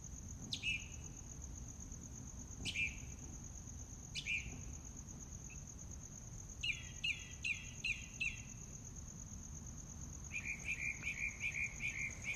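Mockingbird song: varied phrases, sharp downslurred notes, then a rapid series of clipped notes and a fast trill, with a steady high insect hum throughout.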